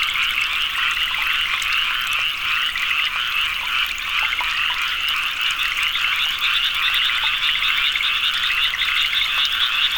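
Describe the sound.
Frogs calling en masse, fast pulsed trills and chirps overlapping in a thick, unbroken high chorus, with occasional faint clicks.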